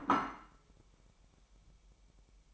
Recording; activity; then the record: daily activity, microphone in the room; place plate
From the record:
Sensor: 1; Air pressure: 1002.0 hPa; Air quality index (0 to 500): 243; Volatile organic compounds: 48 ppm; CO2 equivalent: 3269 ppm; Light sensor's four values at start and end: 8/28/10/11 and 8/28/10/11